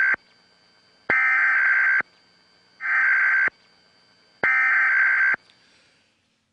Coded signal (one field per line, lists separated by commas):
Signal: Emergency Alert System (SAME) tones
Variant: header bursts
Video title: [Trump News]EAS Test on 11-9-11 Holds Power to Cut Broadcast Signal